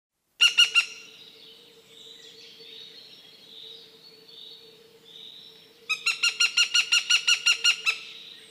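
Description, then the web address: Northern goshawk giving harsh, rapid cackling kek notes: a short burst of three, then after a quiet pause a longer run of many evenly spaced calls, over a steady low hum. "Schulze Peter Goshawk"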